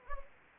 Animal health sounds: mosquito wingbeat signal from an infrared sensor; Anopheles gambiae

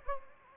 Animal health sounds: mosquito wingbeat signal from an infrared sensor; Anopheles gambiae

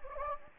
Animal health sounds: mosquito wingbeat signal from an infrared sensor; Anopheles gambiae

